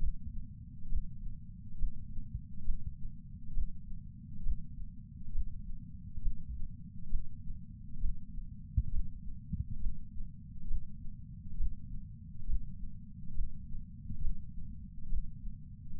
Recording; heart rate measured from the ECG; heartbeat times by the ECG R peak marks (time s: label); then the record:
heart sounds by patch sensor on the chest; 68 bpm
0.87 s: heartbeat
1.76 s: heartbeat
2.62 s: heartbeat
3.51 s: heartbeat
4.41 s: heartbeat
5.30 s: heartbeat
6.19 s: heartbeat
7.07 s: heartbeat
7.98 s: heartbeat
8.89 s: heartbeat
9.77 s: heartbeat
10.65 s: heartbeat
11.55 s: heartbeat
12.44 s: heartbeat
13.32 s: heartbeat
14.19 s: heartbeat
15.07 s: heartbeat
15.95 s: heartbeat
From the record:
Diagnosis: coronary artery disease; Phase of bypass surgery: preoperative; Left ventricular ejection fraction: 60.1%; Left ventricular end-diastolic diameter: 44 mm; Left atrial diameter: 42 mm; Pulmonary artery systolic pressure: 26 mmHg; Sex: female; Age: 80 years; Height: 156 cm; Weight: 70 kg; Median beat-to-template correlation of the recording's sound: 0.93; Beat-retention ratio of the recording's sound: 0.99